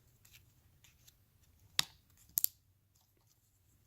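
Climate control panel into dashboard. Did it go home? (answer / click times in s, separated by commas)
yes / 1.8 s, 2.4 s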